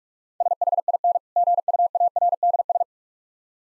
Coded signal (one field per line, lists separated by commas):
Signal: Morse code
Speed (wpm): 46 wpm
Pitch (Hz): 700 Hz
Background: none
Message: SHIN GUARDS